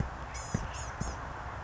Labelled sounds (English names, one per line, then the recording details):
Blue-gray Gnatcatcher
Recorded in Sonoma County, California